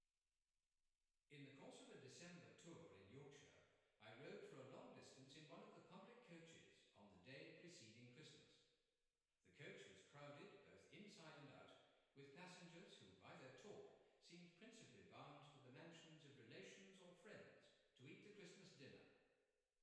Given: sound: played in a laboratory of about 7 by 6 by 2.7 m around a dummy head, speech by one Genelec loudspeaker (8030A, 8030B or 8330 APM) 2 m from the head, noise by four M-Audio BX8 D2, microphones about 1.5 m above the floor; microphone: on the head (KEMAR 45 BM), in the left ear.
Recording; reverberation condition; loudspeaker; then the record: male speech in English; high; 30 degrees to the right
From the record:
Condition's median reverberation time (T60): about 1300 ms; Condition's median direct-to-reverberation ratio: about -4.0 dB